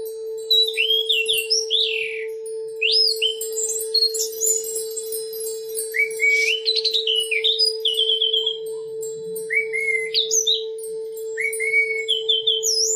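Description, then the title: Oriental magpie-robin delivering a long varied song of whistled notes, trills and swooping slurs in several bursts, accompanied throughout by a steady low hum. "Kicau Kacer"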